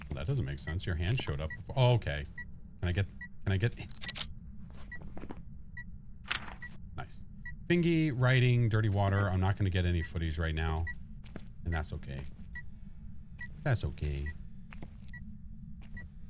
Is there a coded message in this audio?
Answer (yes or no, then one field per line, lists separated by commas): no